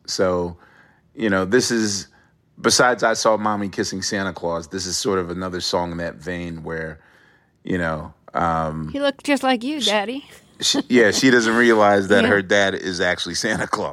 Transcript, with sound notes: So, you know, this is - besides "I Saw Mommy Kissing Santa Claus," this is sort of another song in that vein where, you know...
He looked just like you, Daddy (laughter).
Yeah. She doesn't realize that her dad...
Yeah.
...Is actually Santa Claus.